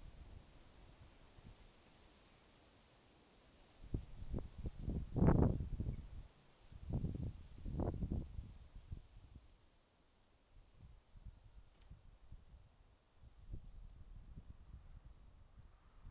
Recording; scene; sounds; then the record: everyday scene through a hearing-aid microphone; wind on the microphone; wind, traffic, birds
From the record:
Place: suburban garden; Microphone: in the ear canal, left